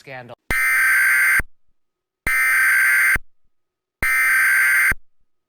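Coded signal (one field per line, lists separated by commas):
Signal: Emergency Alert System (SAME) tones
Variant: header bursts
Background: speech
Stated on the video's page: Remake of a hijacked 2011 EAS test, recreation rather than a real broadcast.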